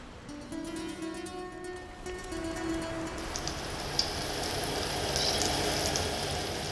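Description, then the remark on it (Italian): Steady rain falls at 7:30 in the morning in Polesine Parmense, with a dense, even hiss that grows slightly fuller after a few seconds, while faint sustained tones linger underneath at first and then fade out. “Alle 7.30 del mattino, sotto la pioggia, Polesine Parmense è deserta.”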